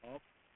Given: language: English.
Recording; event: throat vibration sensor signal played as sound; speech